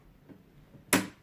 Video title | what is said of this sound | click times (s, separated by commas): How To Access and Remove the Flush Valve of a Geberit Sigma8 Concealed Cistern | Turn to the right, they click, and that's what locks them in. | 0.9 s